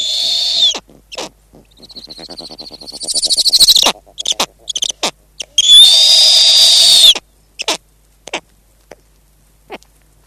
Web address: earth naturelibrary. snowy owl